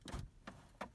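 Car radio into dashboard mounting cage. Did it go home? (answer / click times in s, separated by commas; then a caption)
no / none. An aftermarket radio in its dash kit is slid by hand toward the metal mounting cage in the dashboard of a Chevy S10 / Blazer, its retaining clips not yet caught. Short scraping and knocking handling sounds come at about 0.1 s, 0.5 s and 0.8 s. The radio has not seated or clicked into the cage yet.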